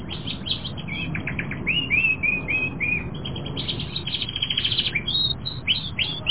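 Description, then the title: Canary singing in quick repeated trills, several short whistled slurs near the middle, then more rapid rolling phrases over constant low hiss. "kenarijos"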